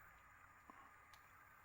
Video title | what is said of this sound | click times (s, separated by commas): 065. How to - Safely Remove & Replace Body - Hattons Originals Class 66 - Detailed Instructions (4K) | It doesn't want to go click. | none